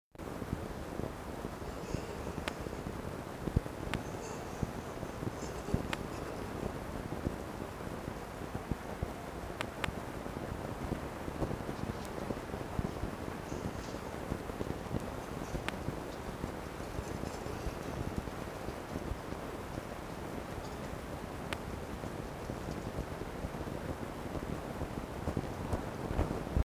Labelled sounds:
Red Fox (Vulpes vulpes)
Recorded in captivity
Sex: male
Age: adult
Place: Zoologisches Institut der HUB, Berlin, DE
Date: 1954-04-21
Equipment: Elmetra
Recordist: Tembrock, Günter
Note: Jupp, fleischzutragend: Muffen (mit Fleisch)

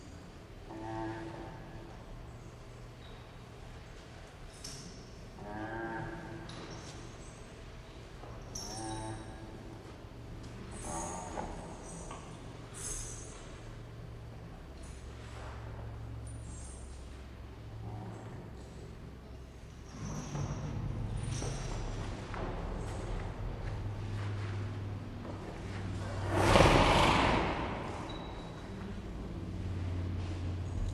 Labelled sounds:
Indian Rhinoceros (Rhinoceros unicornis)
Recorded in captivity
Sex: male
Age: adult
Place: Zoo Berlin, Berlin, DE
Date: 1960-01-16 14:00
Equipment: Reporter (Vollspur)
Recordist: Tembrock, Günter
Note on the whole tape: Bulle: Einzellaute beim Umherlaufen (vor Niederlegen) und Schnaufen nach Niederlegen. Abstand ca. 6 - 8 m

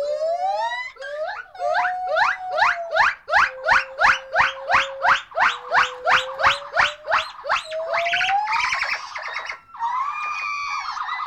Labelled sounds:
Lar Gibbon (Hylobates lar)
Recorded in captivity
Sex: pair
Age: adult
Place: Tierpark Berlin, Berlin, DE
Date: 1984-01-22 11:18
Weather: bedeckt, zeitweise leichter Schneefall, ca. -3 °C
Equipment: Uher 4000 Report Monitor, PMB E 370 (Kondensatormikro - Superniere)
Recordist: Tembrock, Günter

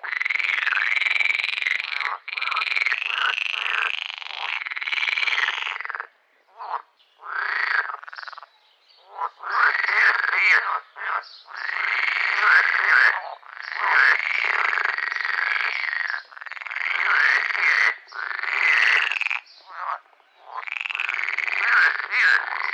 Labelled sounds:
Edible Frog (Pelophylax esculentus)
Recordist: Tembrock, Günter

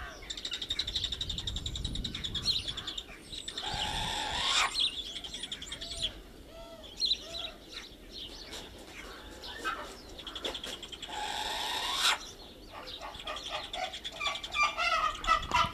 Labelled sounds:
Short-eared Owl (Asio flammeus) call
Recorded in captivity
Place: Tierpark Berlin, Berlin, DE
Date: 1970-03-07 11:00
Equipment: Uher 4200 Report Stereo, Sennheiser MD 421
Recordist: Tembrock, Günter

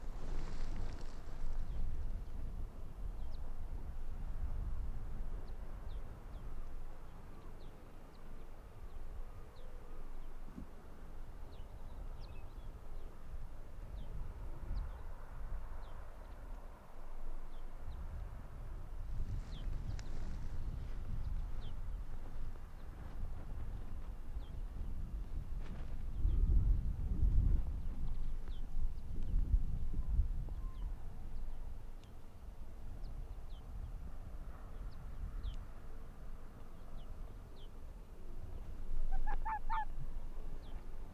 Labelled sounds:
Arctic Fox (Vulpes lagopus)
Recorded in the wild
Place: Insel Mednyi, Kommandeur-Inseln, RU
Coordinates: 54.5167, 168.083
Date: 1999-07-27
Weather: 10°C, kein Nebel, leichter Südwestwind
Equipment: Sony WM-D6C, Sennheiser ME 80, K 30 AV, Windkorb, Kopie Tascam DA 30
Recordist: Jakupi, Antje

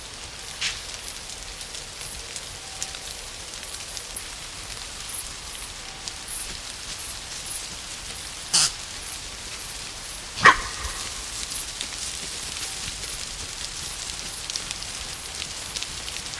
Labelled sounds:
Fallow Deer (Dama dama) barking
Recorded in the wild
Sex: female
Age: diverse
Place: Treuchtlingen, Heumöderntal, Bayern, DE
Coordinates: 48.96, 10.91
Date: 1993-08-30 20:00
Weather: overcast, rain, 13°C
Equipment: Marantz CP 430, Sennheiser MKH 416 T, Kopie Uher Variocord 263
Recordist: Tembrock, Günter

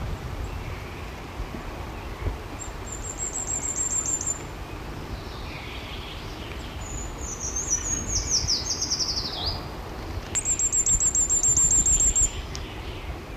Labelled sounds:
Common Firecrest (Regulus ignicapilla) song
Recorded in the wild
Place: Wegfurt, DE
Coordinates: 50.3958, 10.0869
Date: 1964-04-03
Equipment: Uher Report 4000, AKG D190
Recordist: Krey, Winfried
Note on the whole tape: Gesang

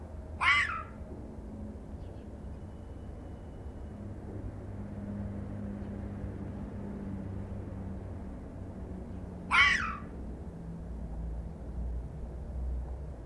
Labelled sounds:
Corsac Fox (Vulpes corsac) barking
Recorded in captivity
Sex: male
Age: adult
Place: Zoologisches Institut der HUB, Berlin, DE
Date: 1967-11-28
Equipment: Telefunken Magnetophon 300, GDM 121
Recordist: Tembrock, Günter
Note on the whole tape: Steppenfuchs-Rüde "Peter": Rotfuchs-Fähe "Gina" ist in sein Gehege eingedrungen, vorher Begegnung mit Aufstellen, dann Beobachter im Gehege, Rüde sitzt vor Beobachter. Geschlossenes bis offenes Bellen. Abstand ca. 3 m

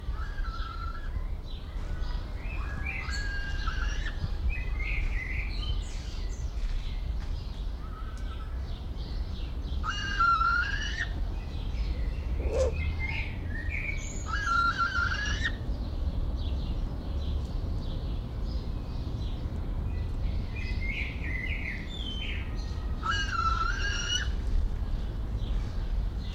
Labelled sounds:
Northern Hawk-Owl (Surnia ulula)
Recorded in captivity
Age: adult
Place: Zoo Berlin, Berlin, DE
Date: 1994-05-28 11:00
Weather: bedeckt, 12-15°C
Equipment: Marantz CP 430, Sennheiser ME 80, Kopie Uher Variocord 263
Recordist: Tembrock, Günter

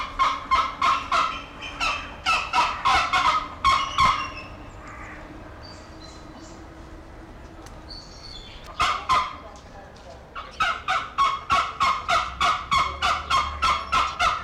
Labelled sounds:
Pallas's Fish Eagle (Haliaeetus leucoryphus) call
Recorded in captivity
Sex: pair
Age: adult
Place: Zoo Berlin, Berlin, DE
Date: 1995-02-11 15:39
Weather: bedeckt, 6°C
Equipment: Marantz CP 130, Sennheiser ME 80, Kopie Uher Variocord 263
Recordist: Tembrock, Günter

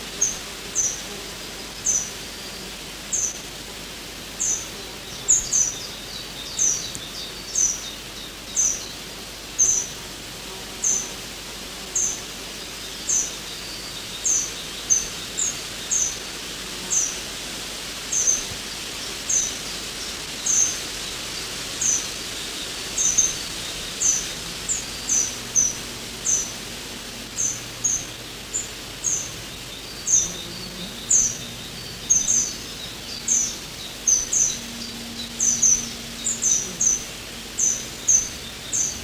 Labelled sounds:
Yellowhammer (Emberiza citrinella) call
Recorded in the wild
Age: subadult
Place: Sehnde, OT Rethmar, Niedersachsen, DE
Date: 1986-06-09
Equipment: Halbspur, 9,5 cm/s
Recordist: Lütgens, Hans
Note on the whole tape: Flügge, junge Goldammern, bei Rethmar am Kanal

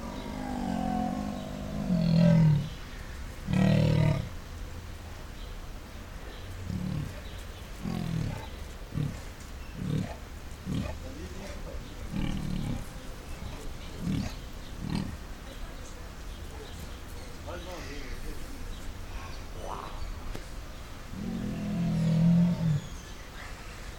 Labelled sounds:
Leopard (Panthera pardus)
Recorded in captivity
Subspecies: saxicolor
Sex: male
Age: adult
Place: Zoo Berlin, Berlin, DE
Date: 1996-07-28 18:26
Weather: bedeckt, 23°C
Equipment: Sony MD-WM MZ-R3, Sennheiser ME 80, Kopie Uher 4000 Report Monitor
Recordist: Tembrock, Günter

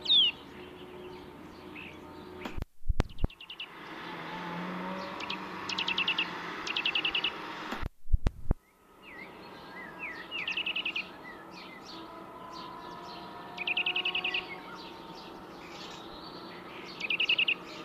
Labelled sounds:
Eurasian Nuthatch (Sitta europaea)
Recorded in the wild
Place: Oberstdorf, Bayern, DE
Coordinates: 47.41, 10.2797
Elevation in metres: 803
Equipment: Nagra IV, Sennheiser MKH 405, Parabolreflektor
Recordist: Tretzel, Erwin

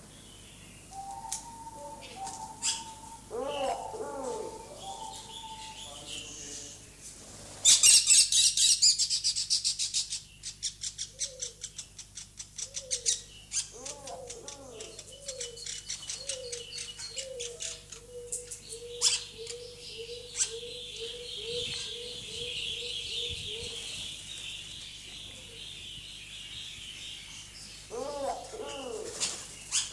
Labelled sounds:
Diamond Dove (Geopelia cuneata) courtship call
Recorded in captivity
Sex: diverse
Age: adult
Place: Zoo Berlin, Berlin, DE
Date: 2004-04-22 16:48
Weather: sunny, 22-24°C
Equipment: Fair Mate ST-1328 (Asahi Electronics, Japan), Sennheiser ME 80, Kopie Uher 4000 Report Monitor
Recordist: Tembrock, Günter

